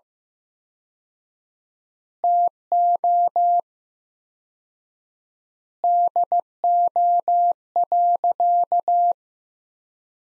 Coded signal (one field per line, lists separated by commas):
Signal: Morse code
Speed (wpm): 15 wpm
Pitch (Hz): 700 Hz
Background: none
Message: TO DO.